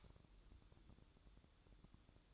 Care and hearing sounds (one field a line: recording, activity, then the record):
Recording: daily activity, microphone in the room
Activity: light off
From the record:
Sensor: 3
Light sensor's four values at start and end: 15/37/16/15 and 12/29/12/12